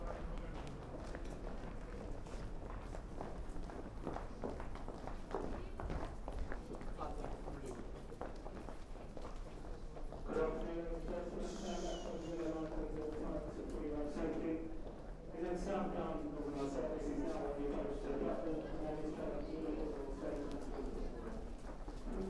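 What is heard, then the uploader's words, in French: Heels click through the corridors of London Bridge station, a dense, quick patter of overlapping footsteps throughout. From about ten seconds on, several voices talk over the steps, and a low steady hum runs underneath the whole time. Sortie des bureaux, concert de talons dans les couloirs de la station "London Bridge".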